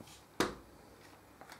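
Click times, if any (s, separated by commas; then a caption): 0.4 s. With the empty magazine removed, the bolt of a wooden magazine-fed rubber band gun is pushed forward until it locks, giving a single sharp, snap-like click at 0.4 s. A much fainter tap follows at 1.4 s, and the bolt is locked forward.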